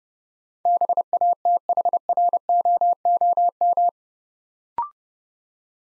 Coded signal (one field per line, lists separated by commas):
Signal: Morse code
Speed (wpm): 28 wpm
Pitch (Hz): 700 Hz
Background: none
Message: BATHROOM